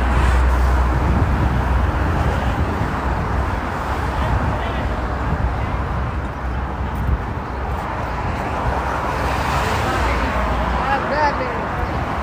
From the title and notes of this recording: Al Nadha to Deira city centre Dubai travel experience. Using 22 bus I'm traveling to Deira city centre bus station.